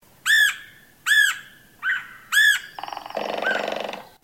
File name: Red-headed Woodpecker